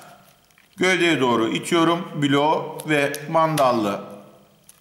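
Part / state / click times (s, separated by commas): auxiliary contact block latch into motor protection circuit breaker / seated / 4.7 s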